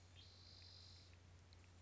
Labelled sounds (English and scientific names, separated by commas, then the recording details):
Spotted Towhee (Pipilo maculatus)
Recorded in Sonoma County, California